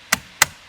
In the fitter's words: till it clicks into place.